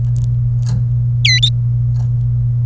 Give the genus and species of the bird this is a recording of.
Serinus canaria